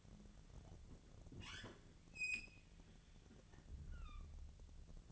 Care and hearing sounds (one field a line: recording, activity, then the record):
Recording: daily activity, microphone in the room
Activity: open fridge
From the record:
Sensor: 4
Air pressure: 1000.9 hPa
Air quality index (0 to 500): 126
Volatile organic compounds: 1 ppm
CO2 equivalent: 946 ppm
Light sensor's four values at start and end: 29/69/29/31 and 28/66/28/30